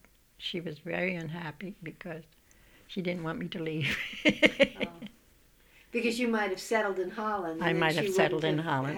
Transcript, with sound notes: But she was very unhappy because she didn't want me to leave. ( she laughs )
Because you might have settled in Holland.
I might have settled in Holland.